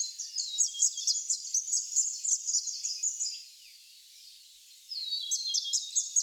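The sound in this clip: Scarlet honeyeater song, a rapid tinkling run of high, sweet notes for about three seconds, a pause, then another quick high twittering phrase.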